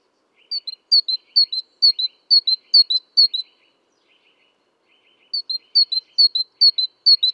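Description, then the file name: Great tit repeating a sharp two-note motif in fast regular series, pausing once, while soft lower buzzy chatters run underneath. "Parus major"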